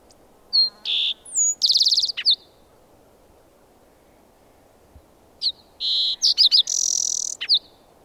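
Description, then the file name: Green-tailed towhee song: two phrases of clear slurred whistles followed by rapid buzzy trills, high-pitched, separated by about three seconds of quiet. "Green-tailed Towhee - Pipilo chlorurus"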